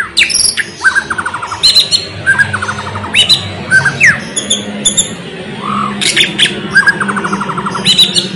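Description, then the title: White-rumped shama singing a lively medley of dry rattled trills, upslurred whistles and thin high notes, with a low background drone. Constantly singing (gacor) white-rumped shama; lure recording meant to make a listening bird respond and sing. "MURAI BATU GACOR"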